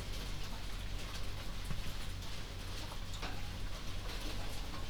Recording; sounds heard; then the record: poultry house recording; healthy chickens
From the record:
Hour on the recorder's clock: 22